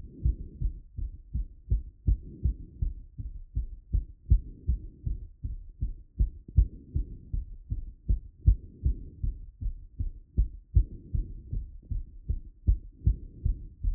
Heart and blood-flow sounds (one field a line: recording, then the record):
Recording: heart sounds by stethoscope after running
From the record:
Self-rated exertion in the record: moderate exertion (3 of 6)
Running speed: 10 mph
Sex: male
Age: 19 years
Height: 178 cm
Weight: 72 kg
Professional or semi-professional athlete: no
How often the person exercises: 3 to 5 times a week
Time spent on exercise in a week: 3 to 4 hours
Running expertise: no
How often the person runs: 3 to 5 times a week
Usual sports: running